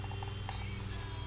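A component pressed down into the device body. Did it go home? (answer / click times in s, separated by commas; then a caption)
no / none. A component is pressed down into the device body because it looked like it was sticking up a little, with a steady low hum throughout and one brief sharp sound at about 0.5 s. The clip ends before the part goes home, so nothing has seated or clicked into place yet.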